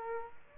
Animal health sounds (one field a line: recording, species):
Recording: mosquito wingbeat signal from an infrared sensor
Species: Aedes aegypti